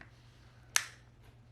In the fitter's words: hear that click that just means that this is sealed and locked